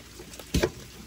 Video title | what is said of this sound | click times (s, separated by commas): A $600 Ductless 110v Mini Split?! | you hear that click | 0.6 s